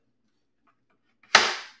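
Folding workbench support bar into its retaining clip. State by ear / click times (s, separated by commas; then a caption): seated / 1.3 s. A folding workbench's support bar is pushed under its retaining clip. After near silence with a faint tick at 1.2 s, it snaps into place at 1.4 s with a sharp, loud snap that rings out and fades over about half a second, leaving the brace seated.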